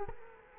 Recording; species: mosquito wingbeat signal from an infrared sensor; Culex quinquefasciatus